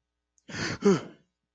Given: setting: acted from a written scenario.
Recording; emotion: vocal sound without words; negative surprise